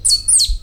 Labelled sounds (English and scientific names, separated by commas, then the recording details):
Stitchbird (Notiomystis cincta) song
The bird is a male
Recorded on Tiritiri Matangi Island, New Zealand, in 2005
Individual 7, of nest box 9